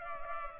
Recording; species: mosquito wingbeat signal from an infrared sensor; Culex pipiens